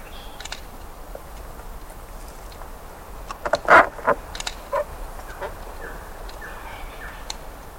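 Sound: birds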